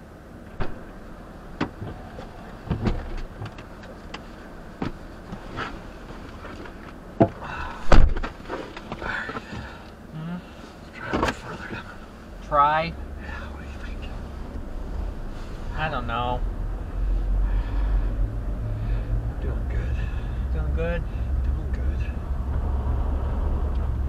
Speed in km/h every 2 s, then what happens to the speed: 0, 0, 0, 0, 0, 0, 0, 10, 15, 19, 21, 23.
0-12 standing. 12-24 pulls away to 23.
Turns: none.